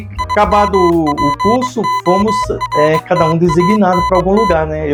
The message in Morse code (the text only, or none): IMPORTANT